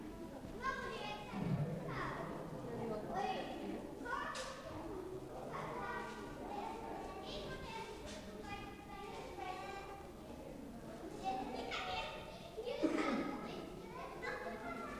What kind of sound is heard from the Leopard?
call